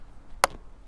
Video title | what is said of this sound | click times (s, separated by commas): Magicshine Seemee 180 Smart Bike Tail Light Review | you hear that nice click and it's in place so it feels really secure | 0.4 s